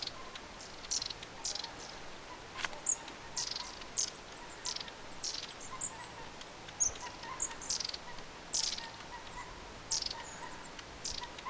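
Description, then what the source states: Long-tailed tits calling, with short dry buzzy notes repeated irregularly and a few very high thin notes among them. Recorded 14 October 2024; several long-tailed tits.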